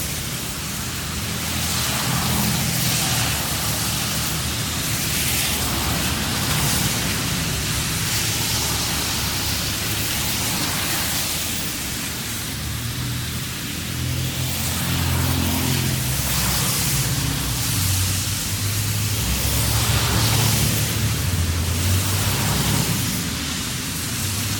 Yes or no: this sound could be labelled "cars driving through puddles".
yes